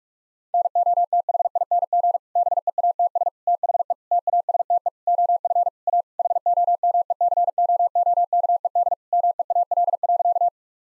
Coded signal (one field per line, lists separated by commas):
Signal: Morse code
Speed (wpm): 46 wpm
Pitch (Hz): 700 Hz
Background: none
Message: NOTHING BEATS THE TASTE OF A HOMECOOKED MEAL.